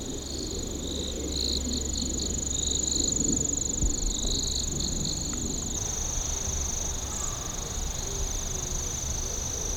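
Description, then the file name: Insect song: a continuous high-pitched whine with faint pulsed chirps during the first half. A constant low rumble runs throughout. "singing of insect"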